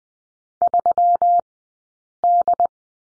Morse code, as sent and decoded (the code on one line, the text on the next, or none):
...-- -..
3D